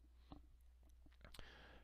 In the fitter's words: go down and click down these two they'll actually make an audible click that's how you know that they're in there so